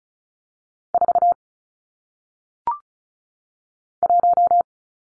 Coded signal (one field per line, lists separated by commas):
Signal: Morse code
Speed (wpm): 36 wpm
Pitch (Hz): 700 Hz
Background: none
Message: 4 1